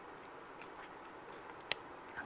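An electrical connector is pushed home by hand into its mating socket on the engine of a 1995 E320 wagon. Over a low steady hiss, a faint tick sounds at 0.6 s, then a sharp bright click at 1.7 s as the connector seats. The connector is confirmed set.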